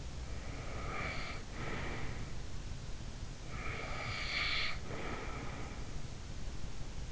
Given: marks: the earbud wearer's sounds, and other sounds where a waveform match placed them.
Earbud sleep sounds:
sounds in sleep by an in-ear microphone; breath
0.37-2.57 s: breath
3.48-6.17 s: breath

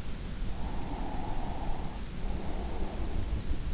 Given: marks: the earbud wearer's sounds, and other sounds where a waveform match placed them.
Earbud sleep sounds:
sounds in sleep by an in-ear microphone; breath
0.42-3.58 s: breath

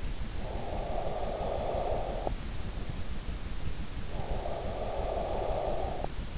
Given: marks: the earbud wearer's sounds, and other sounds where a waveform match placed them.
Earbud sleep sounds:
sounds in sleep by an in-ear microphone; breath
0.01-2.72 s: breath
3.98-6.29 s: breath

